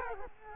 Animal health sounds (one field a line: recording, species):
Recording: mosquito wingbeat signal from an infrared sensor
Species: Culex quinquefasciatus